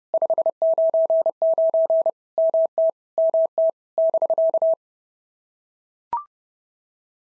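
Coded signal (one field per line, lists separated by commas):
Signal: Morse code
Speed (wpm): 26 wpm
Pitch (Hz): 650 Hz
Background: none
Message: 599 MT MT <BK>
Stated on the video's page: POTA exchange practice at 30 wpm, each exchange sent in Morse, then spoken, then sent again.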